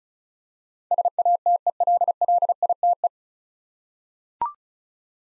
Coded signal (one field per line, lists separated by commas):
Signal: Morse code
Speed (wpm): 36 wpm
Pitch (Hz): 700 Hz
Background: none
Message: SATELLITE